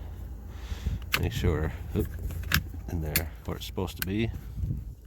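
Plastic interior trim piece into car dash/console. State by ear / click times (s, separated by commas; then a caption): not seated / none. A plastic interior trim piece is being handled and fitted back into the dash/console of a 2007 Dodge Charger R/T while someone talks. A few light plastic taps and rustles are heard. Nothing has seated or clicked yet.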